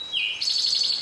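Towhee song: a steady whistled note drops to a lower one, then a rapid trill runs to the end.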